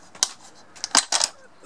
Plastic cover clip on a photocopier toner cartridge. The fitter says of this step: snaps on inserting a knife there this just pops off and